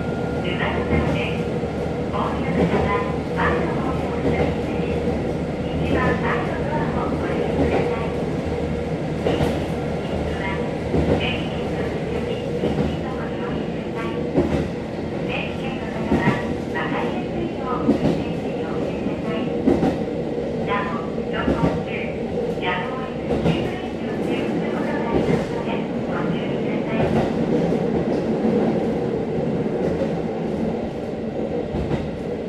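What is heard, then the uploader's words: A Kiha 40 diesel railcar rumbles along steadily with a low engine drone, rattling and clicking from the track, and occasional voices throughout. Sekisho Line 2641D (Kiha 40-1767) New Yubari to Yubari. This is the sound of riding the entire section (16.1km) of the Sekisho Line, commonly known as the "Yubari Branch Line,". ZOOM H2.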